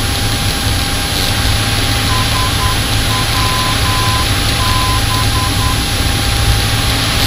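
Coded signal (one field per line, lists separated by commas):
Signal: Morse code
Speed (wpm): 10 wpm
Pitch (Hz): 1020 Hz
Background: none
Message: SWB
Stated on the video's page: Shawbury VOR (SWB) Morse identifier, picked up in cockpit audio on a Sony voice recorder and not heard in flight.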